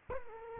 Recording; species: mosquito wingbeat signal from an infrared sensor; Culex quinquefasciatus